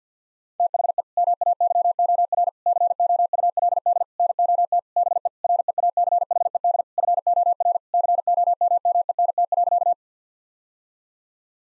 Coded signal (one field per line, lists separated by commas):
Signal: Morse code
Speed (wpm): 50 wpm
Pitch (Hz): 700 Hz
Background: none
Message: THE MAYOR COULD NOT BE REACHED FOR COMMENT.